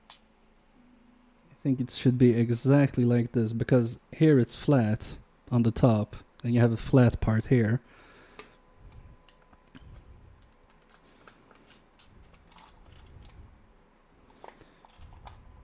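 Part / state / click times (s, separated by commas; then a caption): internal part fitting into a game console / not seated / none. An internal part with a flat top is lined up against a matching flat section inside a Sega game console during a repair. Someone talks for the first several seconds, then quieter handling sounds follow with a few small sharp taps. Nothing has seated or clicked into place yet.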